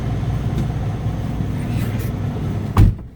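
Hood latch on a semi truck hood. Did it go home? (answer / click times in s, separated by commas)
yes / 2.8 s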